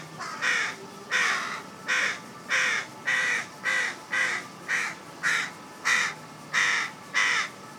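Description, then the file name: Carrion crow giving a long series of harsh, throaty caws, about twelve in quick succession. "Corvus corone"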